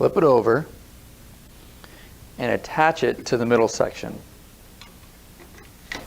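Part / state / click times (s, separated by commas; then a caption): paddle blade section into middle shaft section / seated / 5.9 s. Someone talks while the lower blade of a three-part composite kayak paddle for a Sea Eagle LongBoard 11 is flipped over and pushed onto the middle shaft section. A sharp snap at 5.9 s marks the blade locking into place on the shaft, fully seated.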